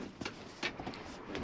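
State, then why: Seated. The swivel front seat of a Ford Custom camper van is turned back to the driving position after its red lever is released, with short knocks heard at about 0.3 s and 0.9 s. At 1.4 s a sharp click sounds as the seat locks into its base, confirming it is secured. The seat must be locked before driving because an unlocked seat can be dangerous.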